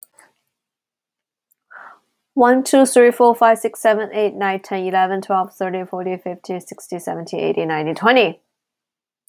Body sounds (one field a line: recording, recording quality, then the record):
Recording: counting at a fast pace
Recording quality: excellent, no background noise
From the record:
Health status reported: healthy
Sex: female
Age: 36 years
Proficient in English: yes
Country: United States